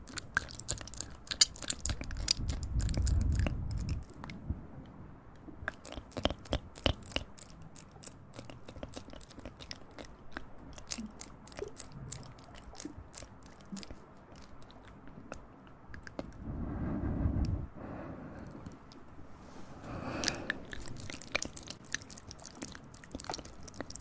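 Crisp, crackling clicks and crunches arrive in an irregular, dense stream, like something being chewed or crumpled. Low muffled rumbles swell up around three seconds and again near seventeen, and the activity briefly thins out just before five seconds.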